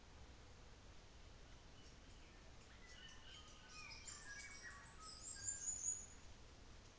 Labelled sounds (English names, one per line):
New Zealand Fantail